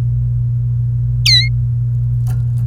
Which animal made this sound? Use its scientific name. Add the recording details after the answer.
Serinus canaria. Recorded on 28 April 2018 at 08:58. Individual llb3